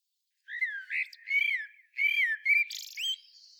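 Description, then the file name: Common blackbird singing a single short phrase of smooth, slurred whistles ending in a brief, high, rasping twitter. "Turdus merula"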